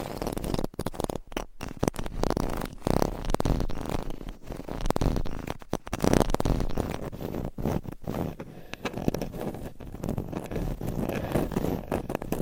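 Mic scratching: a dense, continuous rasping and rubbing that fills the low and middle range, broken by brief dropouts every second or so. The scraping swells and eases irregularly throughout, with no steady rhythm and nothing else audible behind it.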